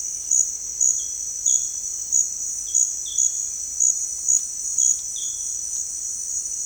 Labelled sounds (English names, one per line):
none